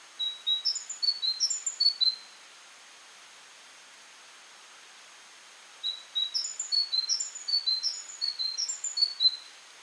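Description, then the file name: Great tit giving two bursts of rapid, high, thin chirps, the first about two seconds long and the second about four, separated by roughly four seconds of near silence with light hiss. "Parus major"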